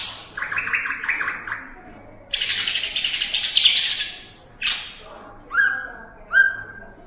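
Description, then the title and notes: Greater green leafbird song: quick stuttering chatter, a long harsh buzzy burst, then a few short clear whistled notes. Champion bird; song described as kicau. "Kicau Burung Cucak Ijo Juara. Suara kicauan burung cucak ijo"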